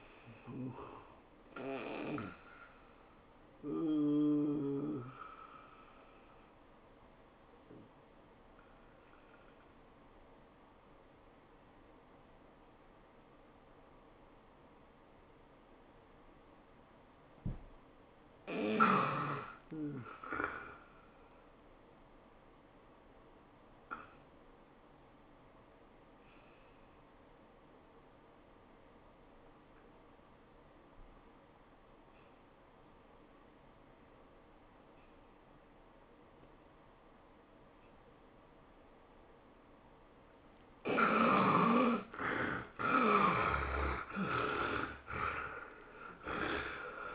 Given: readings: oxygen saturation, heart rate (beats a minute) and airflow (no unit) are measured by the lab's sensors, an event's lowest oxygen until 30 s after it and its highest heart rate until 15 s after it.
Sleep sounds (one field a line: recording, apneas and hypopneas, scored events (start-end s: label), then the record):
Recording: breathing in sleep by a voice recorder at the bedside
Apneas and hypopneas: 2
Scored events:
5.00-19.20 s: hypopnea (N1, oxygen 95% highest, then 85% lowest, heart rate 100 at the start, 100 highest)
22.00-40.50 s: hypopnea (N1, oxygen 94% highest, then 70% lowest, heart rate 89 at the start, 107 highest)
From the record:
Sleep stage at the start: N1 (lightest sleep)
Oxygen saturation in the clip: 70 to 95%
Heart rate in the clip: 82 to 107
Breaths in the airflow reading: 7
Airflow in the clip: -17.8 to 13.6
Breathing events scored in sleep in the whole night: 403 in 5.5 hours asleep